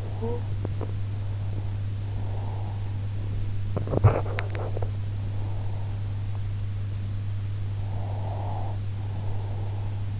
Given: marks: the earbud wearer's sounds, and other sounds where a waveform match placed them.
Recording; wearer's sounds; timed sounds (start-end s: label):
sounds in sleep by an in-ear microphone; talking in sleep, breath, teeth grinding
0.00-0.56 s: talking in sleep
2.09-3.18 s: breath
3.51-5.00 s: teeth grinding
7.74-10.20 s: breath